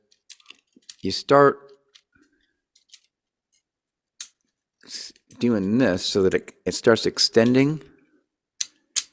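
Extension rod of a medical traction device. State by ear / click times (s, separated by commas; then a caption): seated / 8.6 s, 9.0 s. The extension rod of a ratcheting medical traction device is pulled out so that it advances through its detent positions. Someone talks, with small clicks and handling noises scattered throughout. The rod clicks into a detent at 8.6 and 9.0 seconds.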